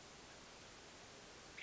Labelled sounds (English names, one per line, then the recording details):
Western Tanager
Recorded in Sonoma County, California